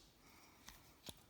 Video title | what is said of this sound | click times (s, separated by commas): Kia Sportage Ceed Sorento Rio Optima Key Fob Battery Replacement | then we just simply pop the case back on like so make sure it's all lined up and clicks into place | 0.7 s, 1.1 s